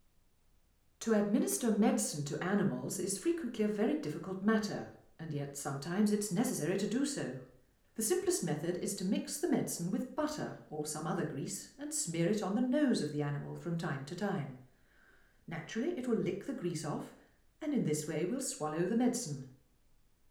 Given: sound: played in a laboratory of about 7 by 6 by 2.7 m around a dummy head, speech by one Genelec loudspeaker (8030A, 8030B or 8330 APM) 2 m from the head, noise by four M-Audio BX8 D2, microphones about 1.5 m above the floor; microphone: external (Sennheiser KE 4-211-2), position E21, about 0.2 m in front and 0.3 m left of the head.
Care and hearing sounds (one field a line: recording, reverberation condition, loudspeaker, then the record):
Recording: female speech in English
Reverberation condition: medium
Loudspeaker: 90 degrees to the left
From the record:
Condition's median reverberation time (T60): about 510 ms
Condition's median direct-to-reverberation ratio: about -0.5 dB